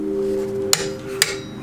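After the car is lowered, a lug nut on the wheel is tightened with a click-type torque wrench over a steady low hum. Two sharp metallic clicks ring out at 0.7 s and 1.2 s, confirming the nut has reached the 100-pound torque setting.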